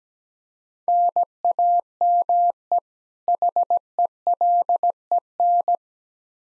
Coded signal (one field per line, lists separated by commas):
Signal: Morse code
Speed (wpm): 17 wpm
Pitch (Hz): 700 Hz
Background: none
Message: NAME HELEN